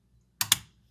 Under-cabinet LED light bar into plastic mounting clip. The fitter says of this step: getting ready to snap these in place